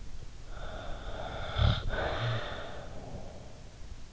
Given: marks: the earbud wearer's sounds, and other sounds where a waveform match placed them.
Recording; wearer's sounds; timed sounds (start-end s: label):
sounds in sleep by an in-ear microphone; snoring breath
0.41-4.04 s: snoring breath